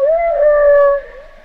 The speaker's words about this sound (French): C'est quoi. Une baleine, ça. C'est beau. Mais pardon. Aucune idée. Sincèrement, je sais plus d'où vient le son. Si c'est les sons de, si c'est des vocalises de baleine, ou si c'est des pré-enregistrements.